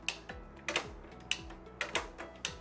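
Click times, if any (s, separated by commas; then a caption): none. The charging handle on a Schneider Electric Masterpact NW/NT power circuit breaker is pumped down and up to charge the closing spring inside the molded breaker. Sharp ratchet-like hits from the handle strokes land at about 0.1, 0.8, 1.3, 2.0 and 2.5 seconds. The spring has not popped into place or latched charged yet.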